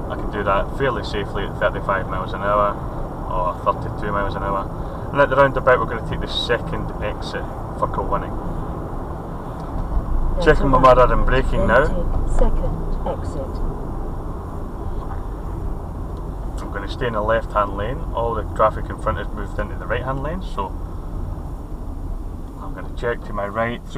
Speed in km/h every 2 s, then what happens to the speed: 47, 48, 47, 47, 44, 40, 37, 34, 32, 31, 26, 18.
0-6 steady at about 47. 6-24 slows to 18.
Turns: none.